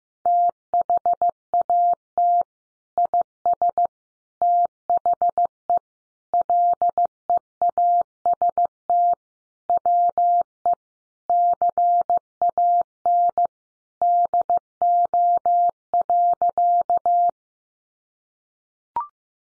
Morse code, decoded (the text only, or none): THAT IS THE LEAST WE CAN DO.